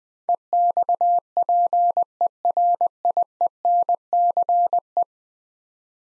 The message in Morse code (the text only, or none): EXPERIENCE